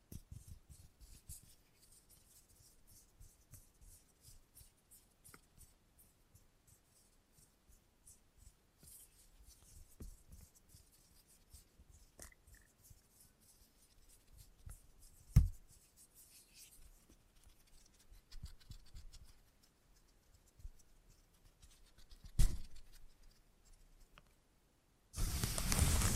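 A salon haircut: quiet, scattered snips and light scratchy rubbing run through most of the stretch, with soft low thumps underneath. Sharper knocks stand out around 15 and 22 seconds, and a loud, dense buzzing sound, likely the clipper, starts near 25 seconds.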